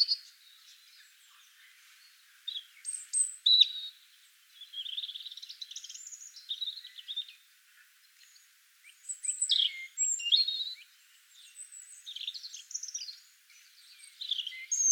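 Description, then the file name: European robin giving several phrases of high, tumbling warbles and thin sliding whistles, separated by short pauses, over a steady background hiss. "Erithacus rubecula"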